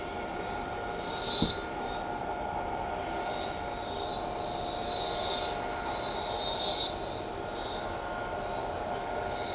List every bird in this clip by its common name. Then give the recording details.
none. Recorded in shrubland near Pivijay, Magdalena, Colombia, on 18 April 2023 at 14:30. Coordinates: 10.453, -74.365. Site P5-G022